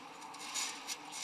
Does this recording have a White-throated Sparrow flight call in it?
no